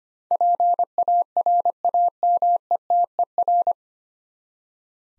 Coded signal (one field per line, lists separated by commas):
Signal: Morse code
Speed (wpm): 25 wpm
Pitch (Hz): 700 Hz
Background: none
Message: PARAMETER